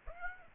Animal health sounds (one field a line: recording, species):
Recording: mosquito wingbeat signal from an infrared sensor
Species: Aedes aegypti